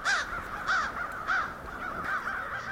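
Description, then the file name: Crow giving several harsh caws in steady succession. Recorded 17 April 2009; several crows. "090417 crows"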